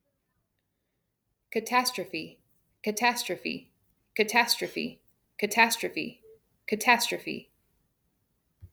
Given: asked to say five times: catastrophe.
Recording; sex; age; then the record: repeated word; female; 30 to 39 years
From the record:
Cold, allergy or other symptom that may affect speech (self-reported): no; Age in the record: 32 years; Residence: Nebraska, United States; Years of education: 16